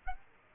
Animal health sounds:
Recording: mosquito wingbeat signal from an infrared sensor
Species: Aedes aegypti

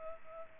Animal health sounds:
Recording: mosquito wingbeat signal from an infrared sensor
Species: Culex pipiens

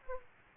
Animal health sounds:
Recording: mosquito wingbeat signal from an infrared sensor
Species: Aedes aegypti

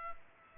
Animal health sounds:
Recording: mosquito wingbeat signal from an infrared sensor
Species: Culex pipiens

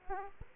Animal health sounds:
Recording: mosquito wingbeat signal from an infrared sensor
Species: Aedes aegypti

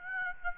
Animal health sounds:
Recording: mosquito wingbeat signal from an infrared sensor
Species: Aedes aegypti

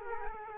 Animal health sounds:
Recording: mosquito wingbeat signal from an infrared sensor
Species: Culex quinquefasciatus

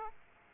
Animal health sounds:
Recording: mosquito wingbeat signal from an infrared sensor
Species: Aedes aegypti

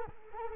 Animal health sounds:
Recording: mosquito wingbeat signal from an infrared sensor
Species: Culex quinquefasciatus

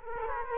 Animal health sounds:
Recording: mosquito wingbeat signal from an infrared sensor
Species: Aedes aegypti

